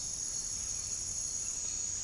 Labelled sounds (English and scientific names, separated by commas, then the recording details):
none
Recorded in dense forest near Puerto Asís, Putumayo, Colombia, on 8 March 2025 at 17:30
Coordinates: 0.484, -76.325
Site G045